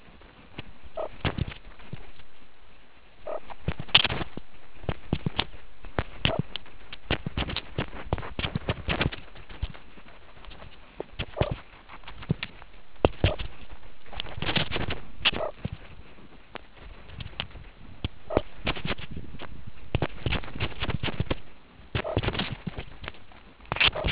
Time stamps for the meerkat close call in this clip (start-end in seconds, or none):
0.97-1.07, 1.95-2.07, 3.27-3.39, 6.28-6.38, 11.37-11.51, 13.24-13.35, 15.38-15.51, 18.31-18.42, 22.05-22.15, 23.95-24.06